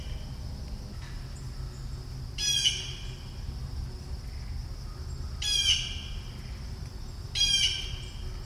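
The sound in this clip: Bird calls, three harsh squawks with a buzzy upper edge, spaced a few seconds apart over a steady low hum and a faint high whine.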